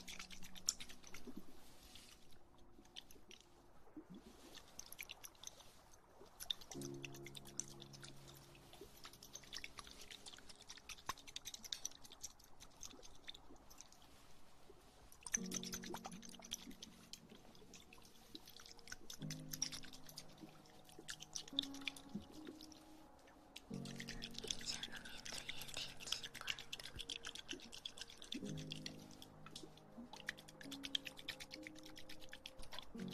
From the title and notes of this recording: TimASMR- Ear Massage Water Sounds.